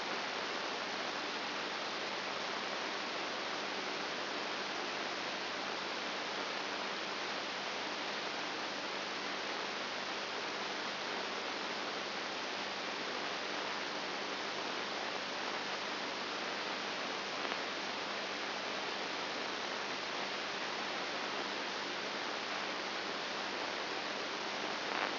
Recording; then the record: brain microelectrode recording played as sound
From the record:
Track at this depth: inside the subthalamic nucleus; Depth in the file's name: 3.501 mm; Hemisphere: right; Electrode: 2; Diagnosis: Parkinson's disease